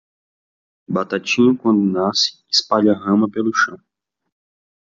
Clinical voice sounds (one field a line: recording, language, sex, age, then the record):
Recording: short text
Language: Brazilian Portuguese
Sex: male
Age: 20 to 29 years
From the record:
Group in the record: control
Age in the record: 23 years